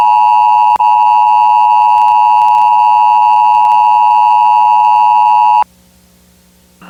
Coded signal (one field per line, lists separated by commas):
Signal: Emergency Alert System (SAME) tones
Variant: 853 and 960 Hz attention tone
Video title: EAS Mock of Nuclear Power Plant Warning for Fredericksburg area - @JoshCraver9000